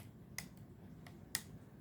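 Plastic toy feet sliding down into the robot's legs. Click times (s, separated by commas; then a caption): 0.4 s, 1.3 s. The plastic feet of a transforming-robot toy are slid down into the robot's legs until they click into place. Two sharp, bright plastic clicks sound at 0.4 s and 1.4 s, with fainter ticks in between, over a quiet low hum. Both feet are seated.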